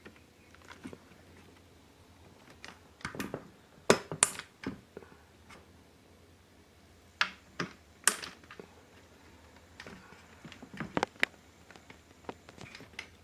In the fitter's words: now I'm just pushing each of these things and they're going to click into place cool